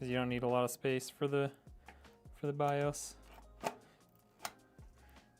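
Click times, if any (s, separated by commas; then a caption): 4.5 s. Someone talks while a USB flash drive for the BIOS is pushed into a motherboard USB port, with a sharp tap near 3.7 s. The first push does not seat the drive fully, and it clicks home with a crisp snap at 4.5 s.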